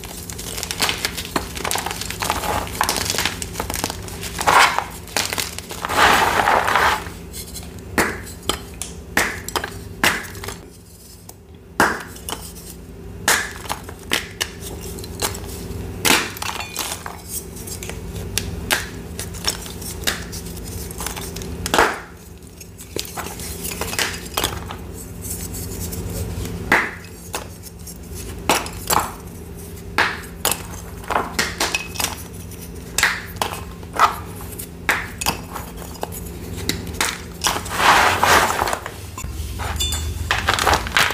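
Purple cornstarch paste is worked and crushed with a rolling pin, giving dense, irregular crackles, squishes and crinkling taps throughout. A steady low hum runs underneath, with louder scraping bursts near 6, 22 and 38 seconds and a brief lull around 11 to 13 seconds.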